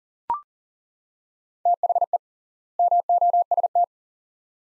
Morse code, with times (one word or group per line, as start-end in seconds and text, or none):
1.7-2.2 THE
2.8-3.8 MOST